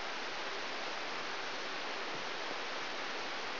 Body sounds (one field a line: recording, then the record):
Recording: brain microelectrode recording played as sound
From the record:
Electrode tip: outside the subthalamic nucleus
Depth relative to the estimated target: 4.5 mm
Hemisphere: right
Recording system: AlphaMap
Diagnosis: Parkinson's disease